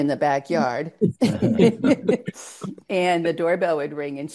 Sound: laughs

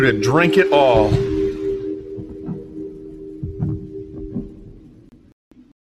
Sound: heart beating

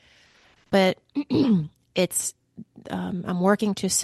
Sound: clears throat

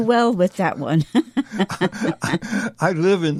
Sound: laughs

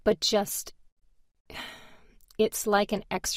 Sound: sighs

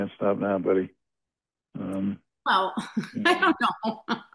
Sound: laughs

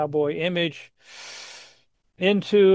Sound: inhales deeply

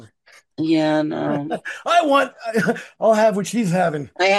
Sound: laughs

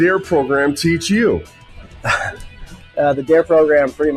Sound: laughs

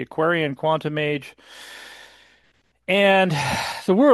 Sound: inhales deeply

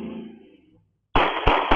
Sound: gunshots

